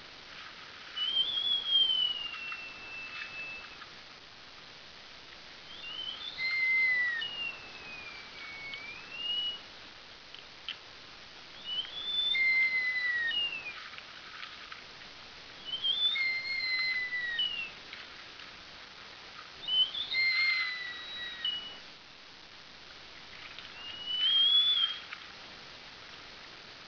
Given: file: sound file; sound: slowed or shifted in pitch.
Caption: Example of adult BxD mouse song 1 month before deafening by cochlear removal.